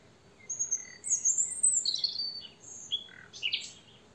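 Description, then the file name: Common nightingale song: clear high whistles sliding into a sharp, rapid, chattering phrase, then short chirps and a final burst of notes. "Luscinia megarhynchos"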